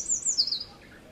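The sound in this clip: Wren song fragment: a quick run of high, thin squeaky notes sliding and twittering, ending in under a second.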